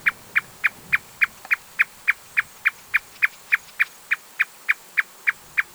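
Marsh Tapaculo producing a regular train of brief, dry notes at a quick steady pace, each note alike, with quiet low hum behind.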